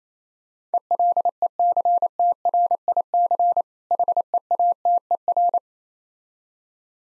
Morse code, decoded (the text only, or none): ELECTRIC HEATER